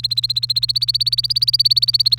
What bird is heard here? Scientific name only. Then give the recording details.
Serinus canaria. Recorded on 28 April 2018 at 07:25. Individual llb3